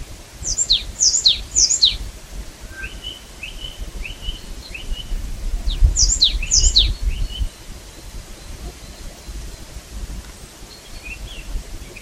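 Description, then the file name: Marsh tit calls: sharp high notes sweeping steeply downward in quick bursts, followed by lower notes; a second burst of high calls comes midway. "Poecile palustris"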